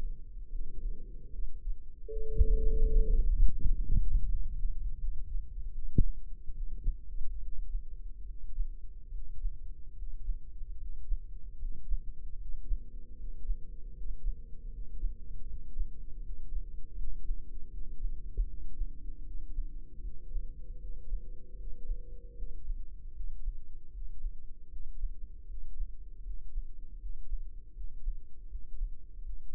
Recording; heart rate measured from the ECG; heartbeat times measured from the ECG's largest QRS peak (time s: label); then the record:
heart sounds by microphone in the left ear; 77 bpm
0.50 s: heartbeat
1.30 s: heartbeat
2.08 s: heartbeat
2.84 s: heartbeat
3.56 s: heartbeat
4.28 s: heartbeat
4.98 s: heartbeat
5.72 s: heartbeat
6.52 s: heartbeat
7.40 s: heartbeat
8.25 s: heartbeat
9.10 s: heartbeat
9.95 s: heartbeat
10.77 s: heartbeat
11.58 s: heartbeat
12.37 s: heartbeat
13.16 s: heartbeat
13.93 s: heartbeat
14.70 s: heartbeat
15.46 s: heartbeat
16.21 s: heartbeat
16.96 s: heartbeat
17.69 s: heartbeat
18.46 s: heartbeat
19.23 s: heartbeat
20.00 s: heartbeat
20.78 s: heartbeat
21.55 s: heartbeat
22.34 s: heartbeat
23.12 s: heartbeat
23.90 s: heartbeat
24.68 s: heartbeat
25.46 s: heartbeat
26.22 s: heartbeat
26.98 s: heartbeat
27.73 s: heartbeat
28.47 s: heartbeat
29.21 s: heartbeat
From the record:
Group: healthy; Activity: rest 0-3 s, Valsalva maneuver 3-30 s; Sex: female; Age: 32 years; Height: 172 cm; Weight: 71.7 kg